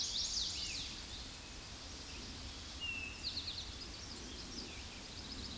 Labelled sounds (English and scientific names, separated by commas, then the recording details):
Eastern Towhee (Pipilo erythrophthalmus) song
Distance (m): 35 m
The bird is about 5 m below the microphone
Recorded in a Pennsylvania forest on 16 May 2024 at 09:47
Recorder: AudioMoth, point MSD-1893
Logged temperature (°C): 16.6 °C
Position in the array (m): 1 m, 44 m